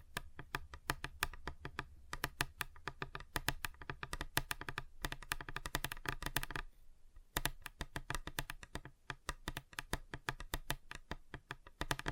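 Fingers tap rapidly on a table, a dense irregular patter of sharp clicks like typing, with brief pauses near five and seven seconds.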